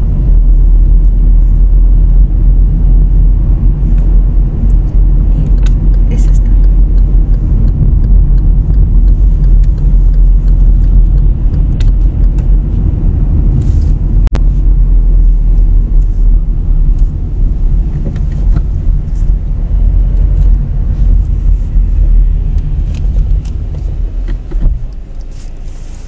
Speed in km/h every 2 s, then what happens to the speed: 36, 35, 35, 37, 35, 36, 38, 32, 21, 21, 17, 8, 0.
0-12 steady at about 36. 12-16 brakes to 21. 19-23 brakes to 0. 23-26 standing.